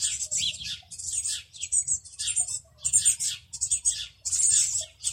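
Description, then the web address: Eurasian blue tit calls: dense, hissing, high-pitched chatter of overlapping scratchy notes in continuous bursts, with a faint low rumble underneath. "cianscape birddata Deverinetal 2025 File origin Bird Only Cy Ca"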